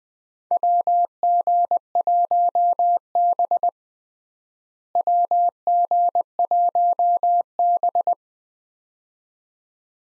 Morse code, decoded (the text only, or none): WG1B WG1B